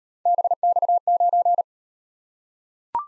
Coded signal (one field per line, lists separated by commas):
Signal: Morse code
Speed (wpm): 36 wpm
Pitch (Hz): 700 Hz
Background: none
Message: BX9